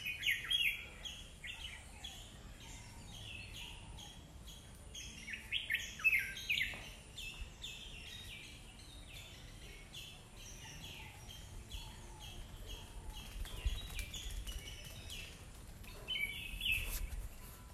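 Red-whiskered bulbul calls: short bright chirping notes in scattered clusters, clearest near the start, around six seconds and near the end, over a steady low rumble.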